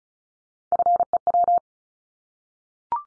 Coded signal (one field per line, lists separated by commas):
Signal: Morse code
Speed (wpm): 36 wpm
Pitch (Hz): 700 Hz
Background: none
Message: FEW